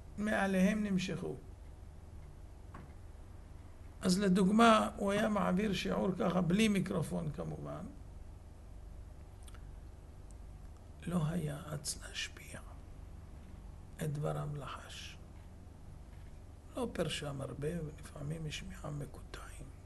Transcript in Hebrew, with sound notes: מעליהם נמשכו. אז לדוגמה, הוא היה מעביר שיעור ככה, בלי מיקרופון כמובן. {הרב מדבר בקול נמוך} לא היה אץ להשפיע. את דבריו לחש. לא פרשם הרבה, ולפעמים יש מיעה מקוטעים.